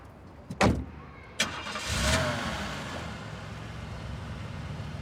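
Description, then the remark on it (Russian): A car door thunks shut, then the engine cranks and starts, revving briefly before settling into a steady running hum as the vehicle pulls away. “Машина уезжает.”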